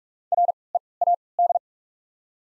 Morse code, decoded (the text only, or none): READ